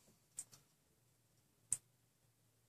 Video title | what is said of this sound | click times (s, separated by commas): RepRap Prusa Mendel Iteration 2 Assembly 18 - Printrboard Part 1 | you can hear them click but then you can also see that when they're clicked in there should be a flat piece of copper that | 1.7 s